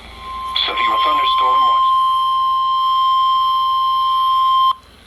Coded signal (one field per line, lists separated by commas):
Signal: Emergency Alert System (SAME) tones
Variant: 1050 Hz attention tone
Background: speech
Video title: SEVERE WEATHER INSANITY - EAS Alerts from 7/29/2023 (EAS #295-#316)